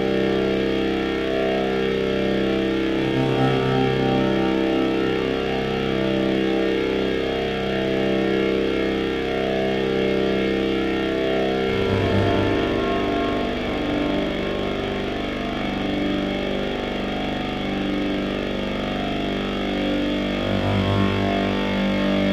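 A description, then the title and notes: A drone hums steadily with a dense, buzzing whine, its low motor tone shifting and wavering after about twelve seconds. Drone.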